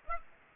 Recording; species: mosquito wingbeat signal from an infrared sensor; Aedes aegypti